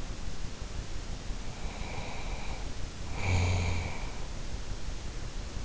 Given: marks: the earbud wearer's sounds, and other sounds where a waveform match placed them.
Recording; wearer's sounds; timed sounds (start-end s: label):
sounds in sleep by an in-ear microphone; snoring breath
1.37-4.30 s: snoring breath